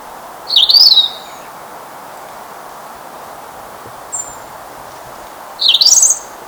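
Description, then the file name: European robin song, two rapid high warbled phrases about five seconds apart, with a short thin high note between them; quiet constant hiss underneath. "Erithacus rubecula"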